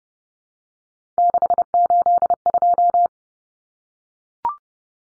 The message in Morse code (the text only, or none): 682